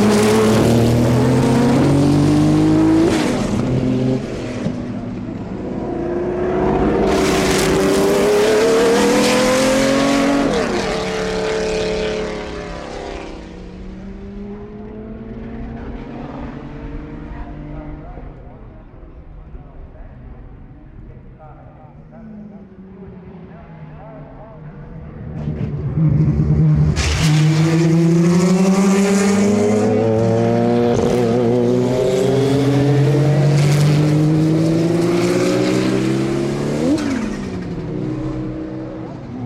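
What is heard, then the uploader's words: Vintage race cars roar past on a hill, engines rising and falling in pitch as they shift through gears. A loud pass fills the first twelve seconds, fades to a drone around twenty seconds, then another car surges from about twenty-six seconds. The 2017 Rolex Monterey Motorsports Reunion weekend at Laguna Seca gave us some amazing sounds from the assembled IMSA GTP and European Group C prototypes. With our trusty audio recorder atop the famous Corkscrew, capturing Porsche 962s and Mazda 767Bs and all manner of unhinged cars powering down the hill.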